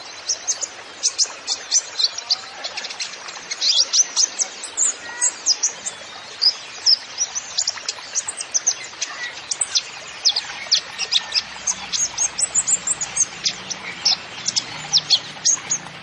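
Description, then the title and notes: Van Hasselt's sunbird song: long, busy run of thin high chirps and twittering notes, almost unbroken throughout. Masteran recording for training songbirds; actively singing (gacor) bird with full fills (isian) and shots (tembakan). "MASTERAN KOLIBRI NINJA FULL ISIAN DAN TEMBAKAN COCOK BUAT PANCINGAN. Suara Burung Kolibri Ninja Gacor"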